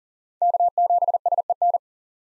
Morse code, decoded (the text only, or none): K7SEN